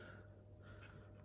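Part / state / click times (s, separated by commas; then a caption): RAM module into a laptop memory slot / not seated / none. A second RAM module is handled and lined up with the memory slot of a 2011 MacBook Pro laptop before being pushed in. There are only faint, steady handling noises over a low hum, with no distinct click. The module has not seated or clicked yet.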